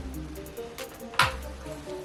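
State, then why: Seated. A pull-down faucet spray head is pushed into the spout and locks into place with a sharp, audible snap at 1.2 s, seating firmly so it won't fall out. A fainter tap is heard at 0.8 s, and a low, steady background hum continues throughout.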